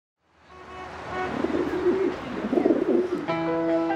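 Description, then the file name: Domestic pigeon cooing: low throaty rolling coos over a steady background hum. "pigeons"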